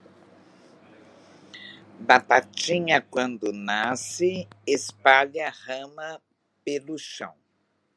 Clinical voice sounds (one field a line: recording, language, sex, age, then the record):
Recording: short text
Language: Brazilian Portuguese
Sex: female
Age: 60 to 69 years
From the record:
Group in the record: control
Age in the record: 67 years